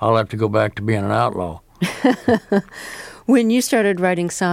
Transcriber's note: laughter